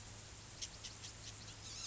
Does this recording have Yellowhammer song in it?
no